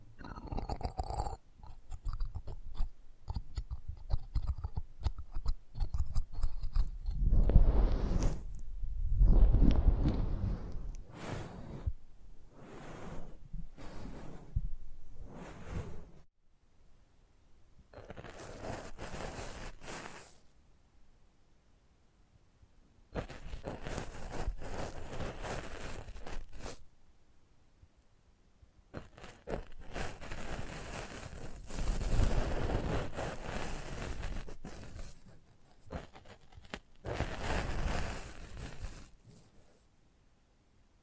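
Close-up mic handling: rubbing, scraping and thumping bursts, dense and bright, separated by short pauses, with low rumbles throughout.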